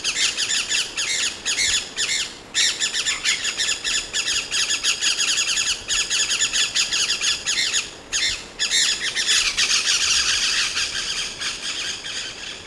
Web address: chant xeno-canto conure a ventre rouge